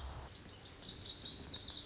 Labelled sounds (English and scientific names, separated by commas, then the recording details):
Lazuli Bunting (Passerina amoena)
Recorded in Sonoma County, California